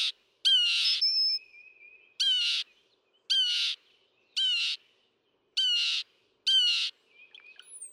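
Northern mockingbird song: a harsh buzzy phrase repeated about six times at roughly one-second intervals, with a thin whistle in between.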